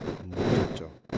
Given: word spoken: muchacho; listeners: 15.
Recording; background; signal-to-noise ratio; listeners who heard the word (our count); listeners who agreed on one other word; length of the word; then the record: one Spanish word in noise, from a listening test; noise modulated by one talker; -11.6 dB; 2 of 15; 12 of 15; 0.78 s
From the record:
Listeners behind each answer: 12, 2, 1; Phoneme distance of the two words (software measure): 14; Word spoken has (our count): 3 syllables, 6 phonemes, stress on syllable 2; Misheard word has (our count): 2 syllables, 4 phonemes, stress on syllable 1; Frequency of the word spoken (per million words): 44.17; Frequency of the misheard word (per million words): 545.62